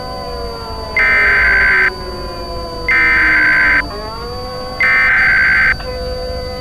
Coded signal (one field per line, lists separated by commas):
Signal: Emergency Alert System (SAME) tones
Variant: header bursts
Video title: Emergency Alert System Scenario #9: "The Invasion"